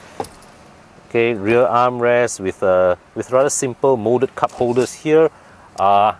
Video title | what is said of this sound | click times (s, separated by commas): 2019 Renault Megane R.S. 280 Interior & Exterior Walkaround - EvoMalaysia.com | sort of like locks it locks and circuit snaps into place very very nice okay | 0.2 s